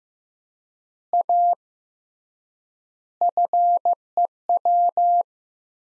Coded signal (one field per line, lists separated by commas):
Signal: Morse code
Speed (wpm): 15 wpm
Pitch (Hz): 700 Hz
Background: none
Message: A FEW